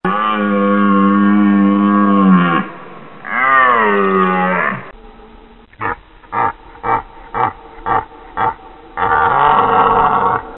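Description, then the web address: Red deer roaring: two long, deep, drawn-out harmonic groans, then a run of about six short grunts roughly twice a second, ending in another hoarse roar. "jelen szlachetny"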